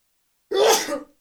A little live sneeze there on radio.